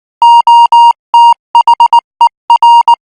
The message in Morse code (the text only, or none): OTHER